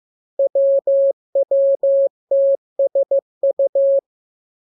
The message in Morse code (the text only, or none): WWTSU